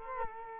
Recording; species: mosquito wingbeat signal from an infrared sensor; Culex quinquefasciatus